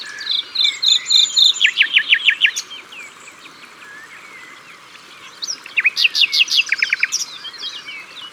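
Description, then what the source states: Common nightingale song with two phrases of rapid repeated notes dropping into slurred whistles, separated by a quieter stretch of faint twittering. At the water's edge.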